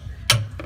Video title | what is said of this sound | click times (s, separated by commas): Trailer hitch installs made easy! | gonna be applied right now till it clicks that's it | 0.3 s